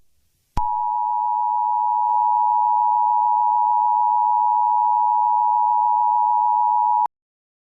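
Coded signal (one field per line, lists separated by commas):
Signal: Emergency Alert System (SAME) tones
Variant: 853 and 960 Hz attention tone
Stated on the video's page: Fictional EAS scenario.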